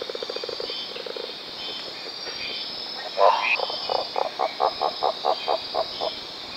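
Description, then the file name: Giant monkey frog calls: two bursts of rapid pulses, then a louder note followed by a regular train of clucking pulses. "Phyllomedusa bicolor"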